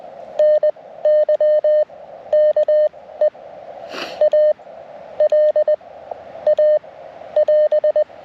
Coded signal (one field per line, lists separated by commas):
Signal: Morse code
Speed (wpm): 20 wpm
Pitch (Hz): 610 Hz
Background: none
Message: NY KE AL A <AS>